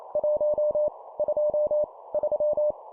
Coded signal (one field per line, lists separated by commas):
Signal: Morse code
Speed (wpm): 28 wpm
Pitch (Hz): 600 Hz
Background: none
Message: 1 2 3